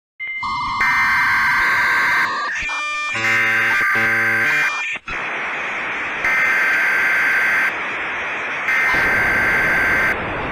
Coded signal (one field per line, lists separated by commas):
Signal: Emergency Alert System (SAME) tones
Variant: header bursts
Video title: top 3 south korean eas alarm